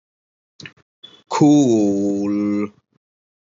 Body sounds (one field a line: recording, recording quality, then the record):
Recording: sustained vowel as in boot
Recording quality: excellent, no background noise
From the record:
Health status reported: recovered from COVID-19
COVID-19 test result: negative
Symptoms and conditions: fatigue, muscle pain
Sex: male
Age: 41 years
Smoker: not ticked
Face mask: not worn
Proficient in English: yes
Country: India